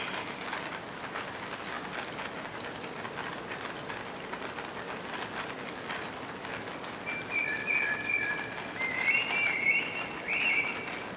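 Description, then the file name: Common blackbird giving a warbled, fluty whistled phrase in the last four seconds or so, after a long stretch of hissing background noise. "Turdus merula"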